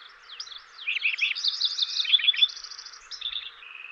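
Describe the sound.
Lincoln's Sparrow song, a rapid bubbling jumble of buzzy trills and chips.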